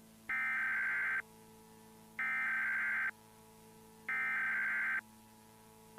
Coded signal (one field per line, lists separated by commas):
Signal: Emergency Alert System (SAME) tones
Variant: header bursts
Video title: Plotagon Network EAS Test {November 9th, 2011}